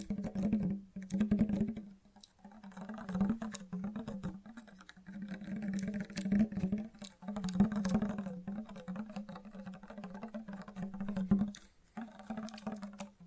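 Fast, gentle tapping in quick, dense runs, with a steady low tone running beneath the taps. The bursts come in stretches of a second or two separated by brief pauses, around 2, 5, 7 and 12 seconds, with occasional sharper clicks standing out.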